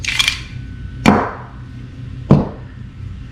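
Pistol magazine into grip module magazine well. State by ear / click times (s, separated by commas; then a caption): seated / 1.1 s. An empty pistol magazine is inserted into the magazine well of a newly installed billet grip module on a Springfield Prodigy to test retention. Light clinks at 0.2 and 0.3 s are followed by a strong metallic click at 1.1 s as the magazine pops into place, with another sharp click at 2.3 s. The empty magazine seats and is retained.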